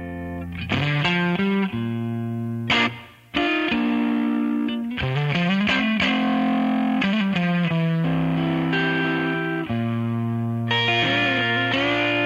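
A slow blues tune on distorted electric guitar, sustained notes and bends ringing over a steady low accompaniment, loud and instrumental with no singing, and a brief dip in sound around three seconds.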